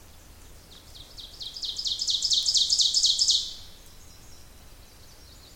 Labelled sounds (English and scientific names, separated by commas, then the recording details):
Ovenbird (Seiurus aurocapilla) song
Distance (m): 20 m
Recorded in boreal forest in Alberta, Canada, on 26 May 2016 at 07:30
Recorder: SongMeter 3, array SBT-3-15
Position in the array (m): 38 m, 234 m
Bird 20